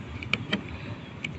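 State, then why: Seated. During a repair of a Toshiba 43L3650VT TV that won't power on, the plastic locking tab of a flat ribbon cable connector on the TV's circuit board is pushed until it locks. Several small sharp clicks are heard at about 0.2, 0.3, 0.5 and 1.3 seconds, with the loudest at 0.3 seconds. The connector latch locks and the cable is seated correctly.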